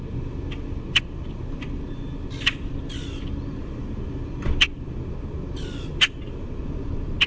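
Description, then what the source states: Common grackle giving sharp chack clicks every second or two, with two short squeaky notes between them, over a low background rumble. Chaa-chack and squeak calls.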